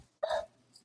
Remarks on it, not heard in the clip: You didn't hear that person hiccup in the background? Oh, that's my son.